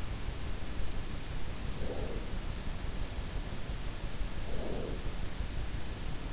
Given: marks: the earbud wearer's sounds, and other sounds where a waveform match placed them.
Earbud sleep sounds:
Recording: sounds in sleep by an in-ear microphone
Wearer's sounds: breath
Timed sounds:
1.51-2.69 s: breath
4.21-5.47 s: breath

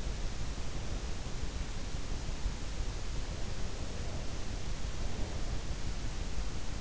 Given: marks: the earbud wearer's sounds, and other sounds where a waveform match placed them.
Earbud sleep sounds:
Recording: sounds in sleep by an in-ear microphone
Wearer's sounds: breath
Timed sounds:
3.83-5.54 s: breath

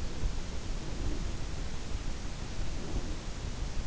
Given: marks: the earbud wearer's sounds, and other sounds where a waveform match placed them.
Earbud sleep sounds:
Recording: sounds in sleep by an in-ear microphone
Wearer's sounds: breath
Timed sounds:
0.32-1.48 s: breath
2.25-3.68 s: breath

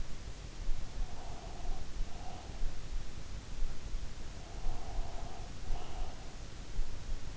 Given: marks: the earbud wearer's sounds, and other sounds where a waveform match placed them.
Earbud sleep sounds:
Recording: sounds in sleep by an in-ear microphone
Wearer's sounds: breath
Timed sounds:
0.93-2.72 s: breath
4.18-6.44 s: breath

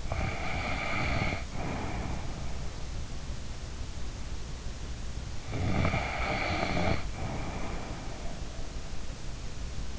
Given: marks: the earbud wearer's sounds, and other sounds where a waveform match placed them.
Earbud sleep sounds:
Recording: sounds in sleep by an in-ear microphone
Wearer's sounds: snoring breath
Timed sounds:
0.00-1.99 s: snoring breath
5.49-8.65 s: snoring breath

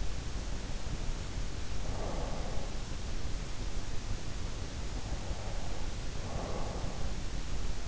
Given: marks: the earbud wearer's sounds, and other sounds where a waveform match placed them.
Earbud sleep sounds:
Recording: sounds in sleep by an in-ear microphone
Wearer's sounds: breath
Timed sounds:
0.66-2.70 s: breath
4.95-7.19 s: breath

